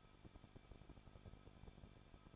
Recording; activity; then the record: daily activity, microphone in the room; no activity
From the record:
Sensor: 5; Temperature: 20.8 degrees Celsius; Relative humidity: 38.6%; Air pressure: 1006.5 hPa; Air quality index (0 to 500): 192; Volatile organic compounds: 21 ppm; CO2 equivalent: 2713 ppm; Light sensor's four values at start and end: 2/3/1/1 and 2/3/1/1